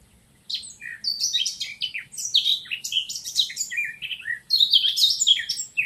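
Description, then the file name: Eurasian blackcap singing a lively warble of chattering and clear whistled notes in quick successive phrases, with faint low background hum. "Sylvia atricapilla"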